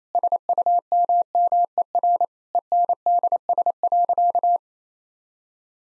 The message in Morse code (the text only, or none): SUMMER ENDS.